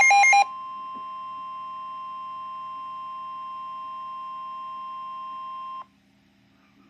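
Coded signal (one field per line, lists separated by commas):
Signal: Emergency Alert System (SAME) tones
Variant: 1050 Hz attention tone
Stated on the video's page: Severe Thunderstorm Warning EAS alert, the first of two.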